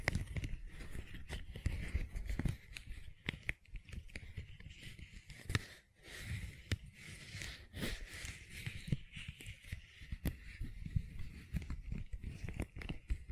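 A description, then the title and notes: Gentle silicone sounds: soft squishing and tapping with frequent short clicks, a steady low rustle, and a quiet gap near six seconds. ASMR Gentle Silicon Sounds for Sleep (No Talking).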